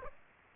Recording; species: mosquito wingbeat signal from an infrared sensor; Aedes aegypti